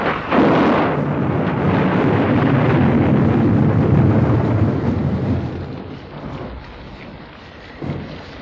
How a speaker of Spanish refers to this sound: Los vientos y la lluvia golpean en los cristales de la ventana, pero también penetran por un tragaluz